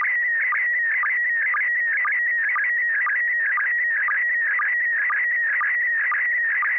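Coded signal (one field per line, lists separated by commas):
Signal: SSTV (slow-scan television)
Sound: warbling high tone with a regular chirpy tick about twice a second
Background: light radio hiss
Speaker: Good evening, Joel. Welcome. You're number 3. Carol standing by to send a picture.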